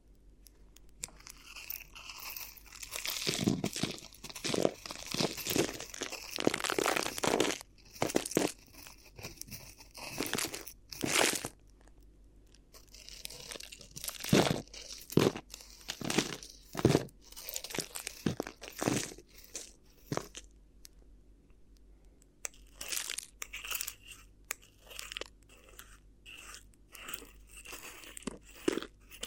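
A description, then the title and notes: Crinkly ear massage sounds: bursts of bright crackling and rustling come in quick, irregular clusters, heaviest from about 3 to 8 seconds and again between 14 and 19 seconds. Quieter stretches of softer, sparser crinkles fill the gaps, with a low steady hum underneath. ASMR Addictive Crinkly Ear Massage (No Talking).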